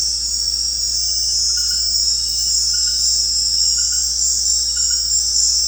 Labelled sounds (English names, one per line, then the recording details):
none
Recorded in secondary vegetation near Puerto Asís, Putumayo, Colombia, on 13 March 2025 at 20:00
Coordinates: 0.484, -76.319
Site G010